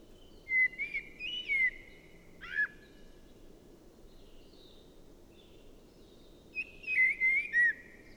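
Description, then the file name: Common blackbird song: two mellow, warbled whistled phrases with thin high notes, separated by about four seconds of quiet with low background noise. "Turdus merula"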